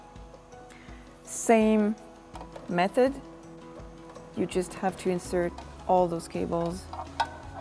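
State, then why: Not seated. A plastic back wall component of a countertop garden unit is handled at its wall frame, with cables inserted through it, while someone talks over soft background music. The pieces are meant to be pushed on both sides at once so they click in straight and aren't crooked. The clip ends before the part goes home, and nothing has seated or clicked yet.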